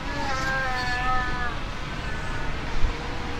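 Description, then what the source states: Fur seal giving a drawn-out, wavering bleat, with a fainter call beneath a heavy low roar. Fur seal colony.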